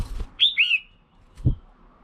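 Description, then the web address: Red-whiskered bulbul, one quick two-note whistled phrase between low thumping sounds. Female bird. "tieng chao mao mai. tieng dong vat"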